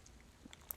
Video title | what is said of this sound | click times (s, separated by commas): How to apply Dexcom G6 sensor on your ARM | now we're gonna get that transmitter and put it in and make sure it clicks it makes a clicking sound or clicking motion | 0.7 s